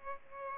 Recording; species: mosquito wingbeat signal from an infrared sensor; Aedes aegypti